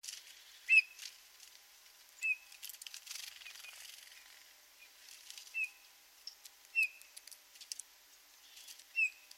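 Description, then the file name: Eurasian bullfinch giving soft, short piping whistles, five calls spaced irregularly across nine seconds, with scattered dry clicks and tapping in the background. "Pyrrhula pyrrhula"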